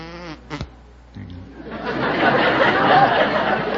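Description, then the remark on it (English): A man gives a brief, low buzzing hum in imitation of a bumblebee, then a swelling wash of crowd laughter and chatter fills the rest. “Yes, I can do a bumblebee.”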